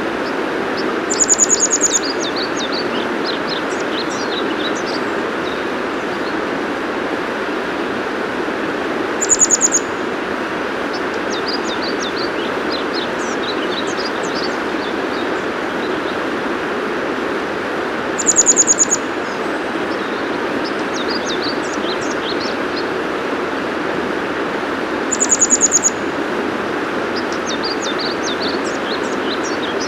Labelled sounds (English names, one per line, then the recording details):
Grey Wagtail song
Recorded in the wild
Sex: male
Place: Thale, Sachsen-Anhalt, DE
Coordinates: 51.731, 11.063
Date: 1978-05-04
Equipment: Nagra III BH, Sennheiser MD 21, parabola
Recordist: Schubert, Michael